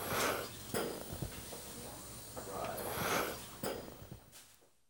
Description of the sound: The BBC Sound Effects Library. Sound Effects Library 28 (Hospitals). Ventilator.